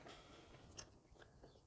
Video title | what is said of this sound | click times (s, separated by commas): Toyota Landcruiser – Spark Plugs & Ignition Leads Replacement (FZJ70/FZJ80/FZJ105) | you should just feel that click into place | 0.8 s